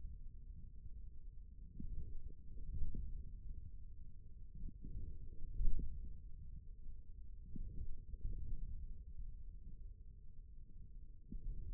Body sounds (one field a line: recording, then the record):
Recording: forearm muscle sounds (acoustic myography)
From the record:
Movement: forearm pronation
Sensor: system 1, eight BSWA MPA416 microphones around the upper forearm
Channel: 1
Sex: male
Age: 41 years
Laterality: right